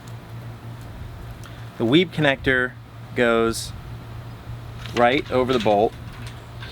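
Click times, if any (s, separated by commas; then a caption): none. A metal WEEB grounding clip for a CP-250 solar microinverter is handled and slid over the mounting bolt on the rail, where it is meant to lock on fairly loosely rather than tightly. Someone talks over a steady low hum, with a brief small sound near 1.5 seconds. Nothing has seated or clicked yet.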